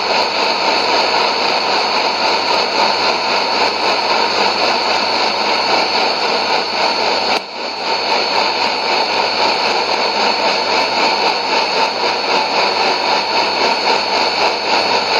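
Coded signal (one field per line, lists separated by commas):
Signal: numbers station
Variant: HM01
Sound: continuous dense hissing data signal with a faint warble, briefly cut once midway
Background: radio static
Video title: 19 01 2017 Cuban Spy Numbers HM01 in Spanish 0916 on 11462 Bejucal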